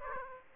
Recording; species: mosquito wingbeat signal from an infrared sensor; Aedes aegypti